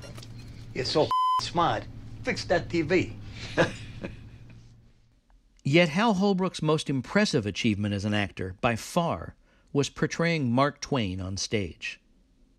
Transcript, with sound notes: you're so [expletive] smart, fix that TV.
(LAUGHTER)
Yet Hal Holbrook's most impressive achievement as an actor by far was portraying Mark Twain on stage.